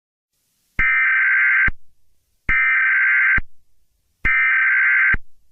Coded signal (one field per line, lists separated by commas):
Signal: Emergency Alert System (SAME) tones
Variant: header bursts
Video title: Eas Scenario 016 - Dr. Seuss On The Loose